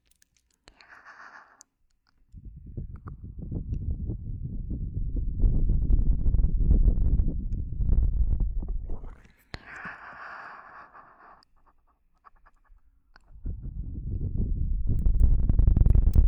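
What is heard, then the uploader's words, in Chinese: Ear cupping: a deep, muffled rumble swells up from about two seconds, builds and holds until around nine and a half, then returns near the end. Between these, short airy hissing bursts sound, one near the start and one just after the first rumble stops. 助眠‖耳朵拔罐儿。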